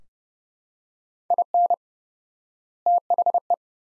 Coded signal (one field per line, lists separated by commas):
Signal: Morse code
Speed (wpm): 32 wpm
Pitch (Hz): 700 Hz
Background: none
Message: IN THE